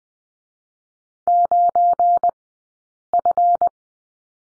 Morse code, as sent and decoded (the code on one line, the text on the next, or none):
----. ..-.
9F